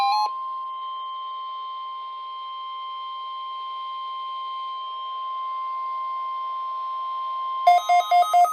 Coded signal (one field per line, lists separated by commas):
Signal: Emergency Alert System (SAME) tones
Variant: 1050 Hz attention tone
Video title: EAS #1 - Required Weekly Test